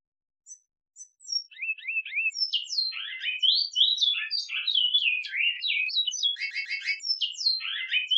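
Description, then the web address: Great-billed seed-finch singing: a few thin high notes open, then rapid varied whistled phrases pour out continuously, with a rattling buzzy burst and more sliding whistles. Brotero song style. "cantos brotero"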